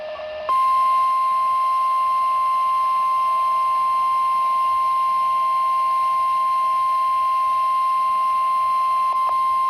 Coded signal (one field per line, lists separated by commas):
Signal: Emergency Alert System (SAME) tones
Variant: 1050 Hz attention tone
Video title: My First EAS Catch on my noaa weather radio: A Required Weekly Test (EAS #1)